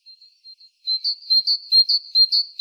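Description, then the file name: Great tit calling with high whistled notes, a few soft ones, then loud, evenly repeated two-part notes in quick succession. "Parus major"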